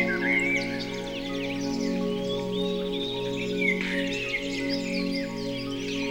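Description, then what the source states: Birds chirping and twittering in a busy chorus of short rising and falling notes over steady sustained musical tones. Birdsong mixed with music.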